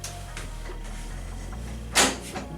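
The swivel seat of a MOBB shower chair is turned back to face forward, and its detent lock on the chair base engages with a click at 0.0 s, followed by a softer tick at 0.4 s. A louder broadband burst follows near 2.0 s. The seat locks into place.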